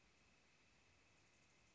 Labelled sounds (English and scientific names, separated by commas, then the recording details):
Northern Flicker (Colaptes auratus)
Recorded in Sonoma County, California